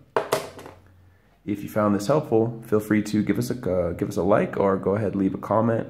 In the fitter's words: all that's left is to click these two halves back together and you're done